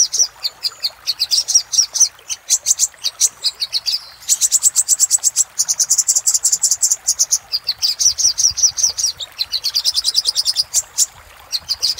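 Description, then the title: Little spiderhunter song: long runs of rapid high chipping, some faster than others, with brief gaps between phrases. Master song for training cage birds. "Sogok Ontong Labaik"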